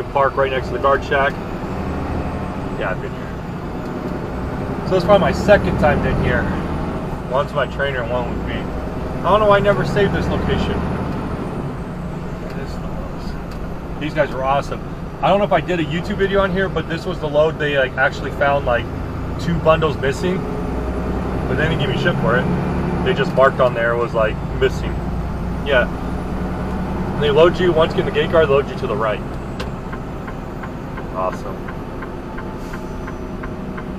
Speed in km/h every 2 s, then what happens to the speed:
16, 19, 21, 26, 27, 34, 35, 34, 35, 34, 37, 42, 44, 48, 50, 48, 48.
0-10 speeds up to 34. 10-19 steady at about 34. 19-27 speeds up to 50. 27-34 steady at about 48.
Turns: 11-21.